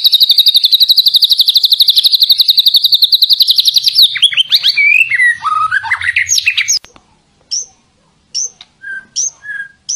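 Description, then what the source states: White-rumped shama delivering a fast high trill of repeated notes, then sweeping whistles and chatter, followed by sparse short high chirps and whistles. Tutor song meant for training caged songbirds.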